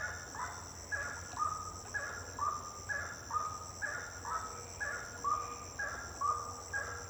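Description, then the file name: Bird giving crisp whistled notes about once a second, with a steady high drone behind. Birds singing at night, intense song. "Passaros cantando a noite canto intenso"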